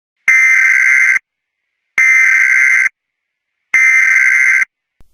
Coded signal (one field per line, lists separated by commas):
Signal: Emergency Alert System (SAME) tones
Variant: header bursts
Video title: EAS Zombie Apocalypse Prank Recreation